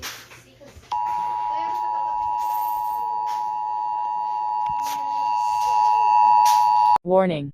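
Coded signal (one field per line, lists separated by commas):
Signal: Emergency Alert System (SAME) tones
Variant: 853 and 960 Hz attention tone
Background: speech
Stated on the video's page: Fictional mock EAS scenario about a zombie apocalypse, not a real alert.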